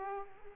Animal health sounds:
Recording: mosquito wingbeat signal from an infrared sensor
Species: Aedes aegypti

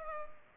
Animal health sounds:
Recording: mosquito wingbeat signal from an infrared sensor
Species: Culex pipiens

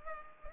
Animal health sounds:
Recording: mosquito wingbeat signal from an infrared sensor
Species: Culex pipiens

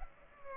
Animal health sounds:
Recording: mosquito wingbeat signal from an infrared sensor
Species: Culex pipiens

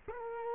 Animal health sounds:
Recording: mosquito wingbeat signal from an infrared sensor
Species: Culex quinquefasciatus

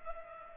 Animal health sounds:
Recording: mosquito wingbeat signal from an infrared sensor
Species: Culex pipiens

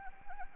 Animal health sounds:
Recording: mosquito wingbeat signal from an infrared sensor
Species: Anopheles arabiensis

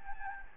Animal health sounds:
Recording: mosquito wingbeat signal from an infrared sensor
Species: Anopheles gambiae

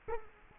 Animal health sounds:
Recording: mosquito wingbeat signal from an infrared sensor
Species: Culex quinquefasciatus

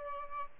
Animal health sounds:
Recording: mosquito wingbeat signal from an infrared sensor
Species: Aedes albopictus

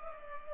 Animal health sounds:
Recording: mosquito wingbeat signal from an infrared sensor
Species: Culex pipiens

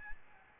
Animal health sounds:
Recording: mosquito wingbeat signal from an infrared sensor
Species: Aedes albopictus

